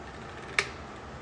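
During an oil change on a Peterbilt 379 truck, the filter cap is screwed or pressed back onto the engine's filter housing until it clicks. A single sharp click sounds at 0.6 s against a quiet background. The cap is seated home.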